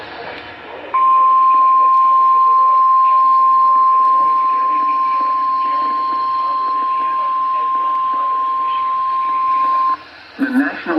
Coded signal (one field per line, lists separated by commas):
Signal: Emergency Alert System (SAME) tones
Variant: 1050 Hz attention tone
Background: speech